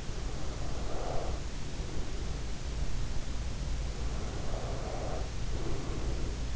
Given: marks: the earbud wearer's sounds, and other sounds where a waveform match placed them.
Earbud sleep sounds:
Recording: sounds in sleep by an in-ear microphone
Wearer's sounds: breath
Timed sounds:
0.05-2.51 s: breath
3.65-6.56 s: breath

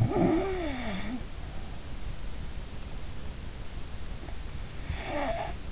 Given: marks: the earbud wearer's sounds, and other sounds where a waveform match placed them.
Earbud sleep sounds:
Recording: sounds in sleep by an in-ear microphone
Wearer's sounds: snoring breath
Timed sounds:
0.00-2.03 s: snoring breath
4.16-5.66 s: snoring breath

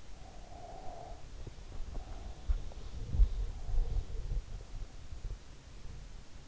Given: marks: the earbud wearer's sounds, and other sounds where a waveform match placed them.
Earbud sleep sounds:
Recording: sounds in sleep by an in-ear microphone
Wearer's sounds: breath, body movement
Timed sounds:
0.27-2.67 s: breath
1.95-5.89 s: body movement
2.84-4.44 s: breath

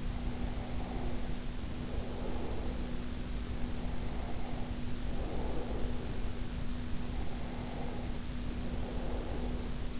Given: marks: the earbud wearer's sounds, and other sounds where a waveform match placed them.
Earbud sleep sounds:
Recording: sounds in sleep by an in-ear microphone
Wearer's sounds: breath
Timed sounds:
0.00-3.07 s: breath
3.57-6.48 s: breath
6.88-9.90 s: breath

